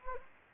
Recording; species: mosquito wingbeat signal from an infrared sensor; Anopheles gambiae